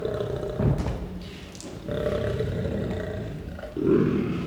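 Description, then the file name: Lion growl, a few rough low rumbles broken by short pauses, ending with a louder throaty burst. Growling and roaring. "Het grommen en brullen van een leeuw - Beeld en Geluid"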